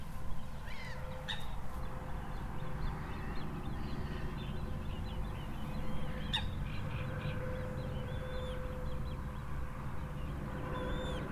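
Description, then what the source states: Birds giving a few thin whistled calls and scattered chirps, over continuous traffic rumble and a steady hum. Recorded at a lake beside a highway.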